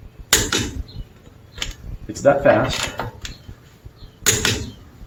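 A click-type torque wrench on a nut is pushed smoothly until it gives a sharp click at its setting at 0.3 s, then is immediately released. Someone talks, and another pair of sharp sounds comes near 4.3 s.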